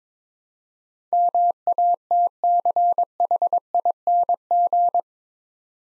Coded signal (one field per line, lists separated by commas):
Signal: Morse code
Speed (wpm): 22 wpm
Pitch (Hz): 700 Hz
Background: none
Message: MATCHING